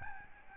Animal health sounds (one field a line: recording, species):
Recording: mosquito wingbeat signal from an infrared sensor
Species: Aedes albopictus